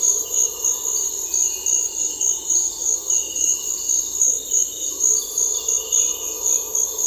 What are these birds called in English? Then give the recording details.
none. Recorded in dense forest near Puerto Asís, Putumayo, Colombia, on 20 February 2024 at 06:00. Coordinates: 0.484, -76.317. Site G6464